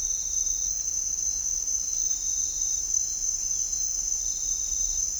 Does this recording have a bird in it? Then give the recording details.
no. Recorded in dense forest near Puerto Asís, Putumayo, Colombia, on 13 March 2025 at 07:30. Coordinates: 0.499, -76.324. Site GP03